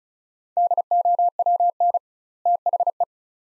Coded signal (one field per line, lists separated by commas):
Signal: Morse code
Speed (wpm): 36 wpm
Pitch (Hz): 700 Hz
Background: none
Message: DOWN THE